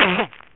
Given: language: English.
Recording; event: throat vibration sensor signal played as sound; cough